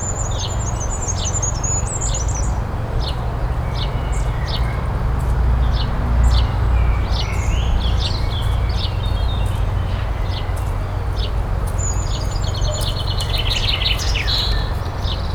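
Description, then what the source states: Birds chirping and twittering in scattered high notes, with a run of rapid repeated notes near the end, all over a continuous low rumble. Birdsong in a city garden.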